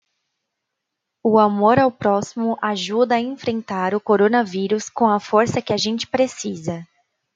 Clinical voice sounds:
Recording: spoken sentence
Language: Brazilian Portuguese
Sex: female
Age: 20 to 29 years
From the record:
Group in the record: control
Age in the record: 21 years

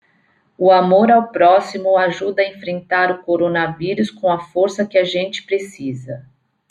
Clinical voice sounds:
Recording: spoken sentence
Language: Brazilian Portuguese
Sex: female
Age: 40 to 49 years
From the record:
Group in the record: control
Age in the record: 47 years

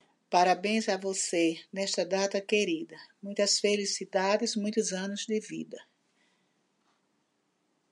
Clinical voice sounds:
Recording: short text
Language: Brazilian Portuguese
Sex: female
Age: 60 to 69 years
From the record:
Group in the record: control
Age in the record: 63 years

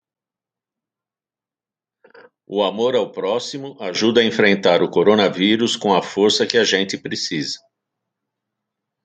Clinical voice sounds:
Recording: spoken sentence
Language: Brazilian Portuguese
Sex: female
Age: 50 to 59 years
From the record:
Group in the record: control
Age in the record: 52 years

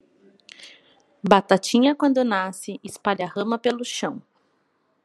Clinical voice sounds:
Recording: short text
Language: Brazilian Portuguese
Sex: female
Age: 30 to 39 years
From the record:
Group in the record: control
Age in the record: 37 years

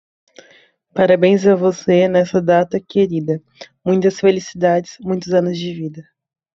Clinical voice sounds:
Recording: short text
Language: Brazilian Portuguese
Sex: female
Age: 20 to 29 years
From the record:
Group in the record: control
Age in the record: 22 years

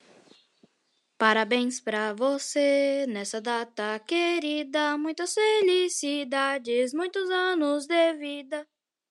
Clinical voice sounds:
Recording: short text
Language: Brazilian Portuguese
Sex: female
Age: 40 to 49 years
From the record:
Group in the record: control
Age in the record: 41 years

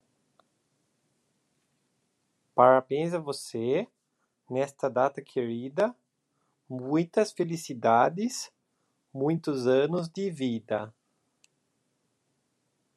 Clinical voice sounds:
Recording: short text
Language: Brazilian Portuguese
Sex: male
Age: 20 to 29 years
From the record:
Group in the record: control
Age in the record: 26 years

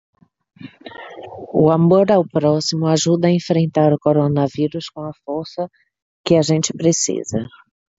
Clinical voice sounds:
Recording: spoken sentence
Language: Brazilian Portuguese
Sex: female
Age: 40 to 49 years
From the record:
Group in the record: control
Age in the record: 41 years

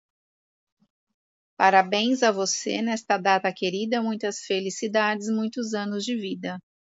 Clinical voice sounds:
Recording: short text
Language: Brazilian Portuguese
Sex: female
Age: 50 to 59 years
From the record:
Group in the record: control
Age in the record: 51 years

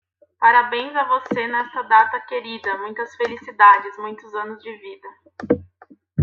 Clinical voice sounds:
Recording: short text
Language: Brazilian Portuguese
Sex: female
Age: 20 to 29 years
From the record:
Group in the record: control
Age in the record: 28 years

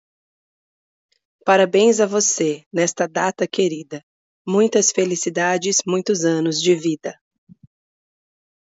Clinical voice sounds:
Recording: short text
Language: Brazilian Portuguese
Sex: female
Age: 30 to 39 years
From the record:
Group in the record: control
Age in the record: 39 years

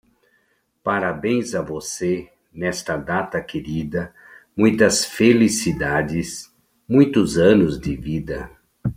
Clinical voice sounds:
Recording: short text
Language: Brazilian Portuguese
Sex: male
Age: 60 to 69 years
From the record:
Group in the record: control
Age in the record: 67 years

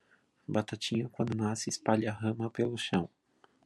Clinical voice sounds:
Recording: short text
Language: Brazilian Portuguese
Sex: male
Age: 20 to 29 years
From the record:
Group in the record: control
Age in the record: 26 years

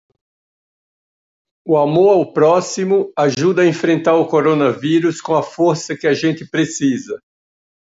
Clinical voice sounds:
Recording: spoken sentence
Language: Brazilian Portuguese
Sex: male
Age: 60 to 69 years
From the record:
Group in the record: control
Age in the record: 67 years

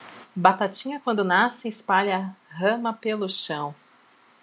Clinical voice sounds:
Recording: short text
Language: Brazilian Portuguese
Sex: female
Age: 30 to 39 years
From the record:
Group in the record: control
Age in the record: 31 years

